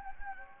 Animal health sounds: mosquito wingbeat signal from an infrared sensor; Anopheles gambiae

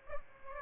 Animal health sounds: mosquito wingbeat signal from an infrared sensor; Aedes albopictus

